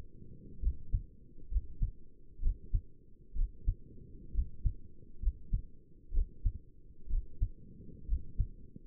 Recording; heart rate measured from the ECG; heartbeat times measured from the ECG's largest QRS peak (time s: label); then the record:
heart sounds by stethoscope; 64 bpm
0.62 s: heartbeat
1.51 s: heartbeat
2.43 s: heartbeat
3.36 s: heartbeat
4.34 s: heartbeat
5.22 s: heartbeat
6.14 s: heartbeat
7.10 s: heartbeat
8.08 s: heartbeat
From the record:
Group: healthy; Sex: male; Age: 22 years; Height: 181 cm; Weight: 79 kg